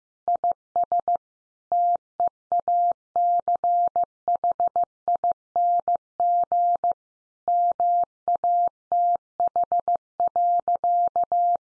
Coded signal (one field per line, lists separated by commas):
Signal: Morse code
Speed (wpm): 15 wpm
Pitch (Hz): 700 Hz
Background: none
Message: IS TEACHING MATH.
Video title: Easy Phrases 15wpm